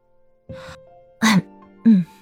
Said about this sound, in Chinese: 听到问话，他清了清嗓子，也没有隐瞒，就老老实实地开口。